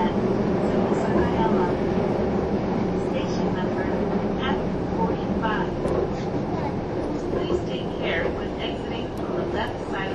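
A train running, with a steady low rumble and hum that holds at an even level for the whole ten seconds. Over it, faint voices murmur throughout, and small clicks and squeaks come up now and then, more often in the second half.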